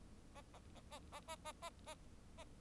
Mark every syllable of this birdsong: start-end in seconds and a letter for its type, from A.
0.34-0.41 A, 0.53-0.59 A, 0.75-0.81 A, 0.91-0.99 A, 1.12-1.21 A, 1.27-1.36 A, 1.44-1.52 A, 1.62-1.70 A, 1.86-1.95 A